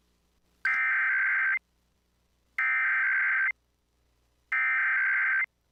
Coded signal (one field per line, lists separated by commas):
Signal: Emergency Alert System (SAME) tones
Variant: header bursts